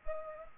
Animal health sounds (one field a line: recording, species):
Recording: mosquito wingbeat signal from an infrared sensor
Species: Culex pipiens